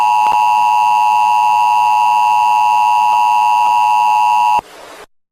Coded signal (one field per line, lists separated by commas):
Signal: Emergency Alert System (SAME) tones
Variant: 853 and 960 Hz attention tone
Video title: “This is only a test” EAS Nuclear Attack (BORROWED)